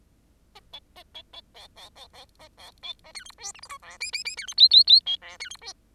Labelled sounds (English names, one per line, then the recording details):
Bengalese Finch song
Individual Bird10